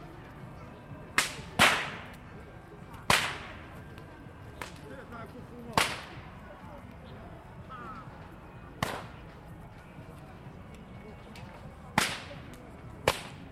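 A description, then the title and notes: Whips crack sharply in a park, loud single snaps at irregular intervals, about every one to three seconds, some in quick pairs. Between the cracks a low steady murmur of crowd and background activity continues, with faint chatter. Luxun Park in Shanghai is a gathering place for everyone in the nearby residential areas. Recorded with (2)DPA 4061 binaural, SD 302, and WM-6DC.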